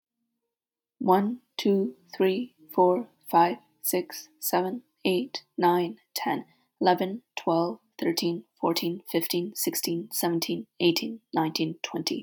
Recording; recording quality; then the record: counting at a normal pace; excellent, no background noise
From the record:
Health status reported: exposed to COVID-19, no respiratory illness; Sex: female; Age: 18 years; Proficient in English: yes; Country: Canada